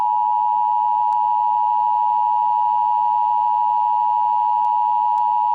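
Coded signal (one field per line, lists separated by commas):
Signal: Emergency Alert System (SAME) tones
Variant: 853 and 960 Hz attention tone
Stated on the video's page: Fictional EAS scenario in which a pulsar passes Earth.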